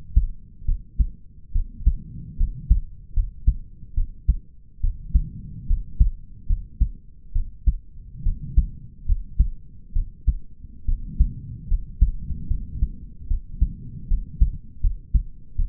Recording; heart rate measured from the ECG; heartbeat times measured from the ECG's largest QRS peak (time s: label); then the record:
heart sounds by stethoscope; 72 bpm
0.65 s: heartbeat
1.52 s: heartbeat
2.37 s: heartbeat
3.13 s: heartbeat
3.94 s: heartbeat
4.80 s: heartbeat
5.66 s: heartbeat
6.46 s: heartbeat
7.32 s: heartbeat
8.23 s: heartbeat
9.05 s: heartbeat
9.93 s: heartbeat
10.85 s: heartbeat
11.67 s: heartbeat
12.47 s: heartbeat
13.27 s: heartbeat
14.07 s: heartbeat
14.80 s: heartbeat
15.56 s: heartbeat
From the record:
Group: healthy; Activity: rest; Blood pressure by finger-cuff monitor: 98/75 mmHg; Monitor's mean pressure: 81 mmHg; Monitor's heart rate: 71 bpm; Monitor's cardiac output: 4.9 L/min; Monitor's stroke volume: 70 mL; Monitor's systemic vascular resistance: 1210 dyn s/cm5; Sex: male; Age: 20 years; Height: 187 cm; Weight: 68.9 kg